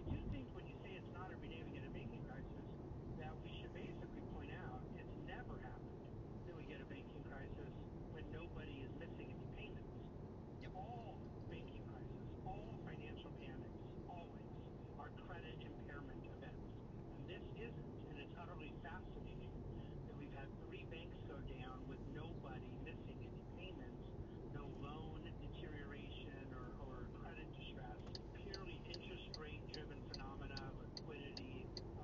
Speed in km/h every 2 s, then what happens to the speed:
49, 50, 50, 51, 51, 51, 50, 51, 52, 52, 50, 49, 47, 47, 47, 47.
0-32 steady at about 50.